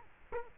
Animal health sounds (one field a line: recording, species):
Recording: mosquito wingbeat signal from an infrared sensor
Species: Culex quinquefasciatus